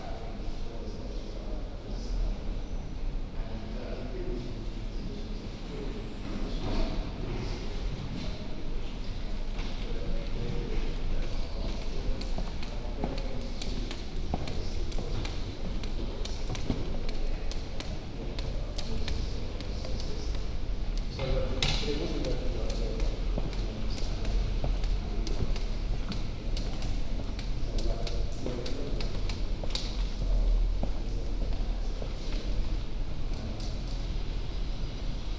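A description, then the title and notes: Walking through a church, a steady murmur of voices mixes with scattered footsteps and small knocks, a sharp clatter standing out around twenty seconds. Walking inside University Church of St. Mary the Virgin. Down the aisle and into the Nave, back along the north corridor, and out on High Street.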